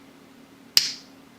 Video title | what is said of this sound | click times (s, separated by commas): Glock Detail Reassembly CLOSE UP | only thing remaining is to move it all the way in until you hear a click like that that means the sleeve went into the into the cover plate and locked it okay | 0.8 s